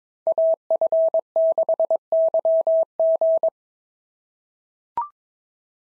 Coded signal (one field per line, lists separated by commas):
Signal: Morse code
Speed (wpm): 22 wpm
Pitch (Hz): 650 Hz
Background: none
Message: AF6YG